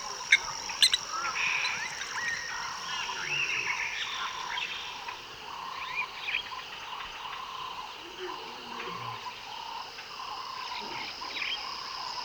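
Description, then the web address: Frog calls, short pulsed notes repeated steadily, over a steady high whine with other faint chirps. Frog in the swamps of the Amazon; jungle and tropical forest sounds. "drvesen kozel i zaba v blatata na amazonia"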